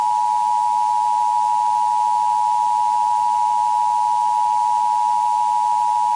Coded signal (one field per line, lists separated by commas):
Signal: Emergency Alert System (SAME) tones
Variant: 853 and 960 Hz attention tone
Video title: EAS Mini Scenario – December 32nd 2020